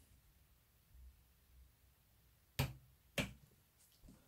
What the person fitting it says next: yeah it's done now. I hear the click sound, then I stopped immediately.